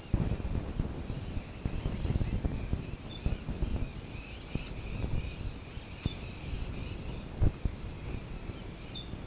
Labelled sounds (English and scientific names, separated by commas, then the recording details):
none
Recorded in pastures near Puerto Asís, Putumayo, Colombia, on 21 March 2025 at 06:00
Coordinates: 0.505, -76.324
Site GP08